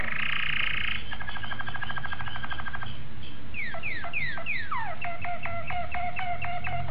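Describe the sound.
Domestic canary: a buzzy rattle, a quick trill, then repeated swooping two-part notes, over a low background hum.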